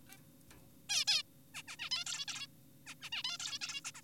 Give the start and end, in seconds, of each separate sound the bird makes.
0.09-0.18, 0.90-1.05, 1.08-1.23, 1.54-1.62, 1.68-1.76, 1.79-1.90, 1.91-2.04, 2.06-2.25, 2.28-2.47, 2.87-2.94, 3.02-3.10, 3.12-3.23, 3.24-3.38, 3.40-3.59, 3.62-3.81, 3.85-3.92, 3.95-4.02